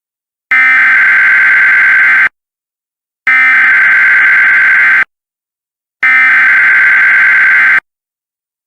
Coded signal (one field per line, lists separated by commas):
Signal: Emergency Alert System (SAME) tones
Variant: header bursts